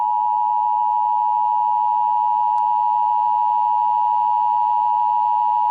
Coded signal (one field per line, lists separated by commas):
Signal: Emergency Alert System (SAME) tones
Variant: 853 and 960 Hz attention tone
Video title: EAS Test-Yellowstone Supervolcano Eruption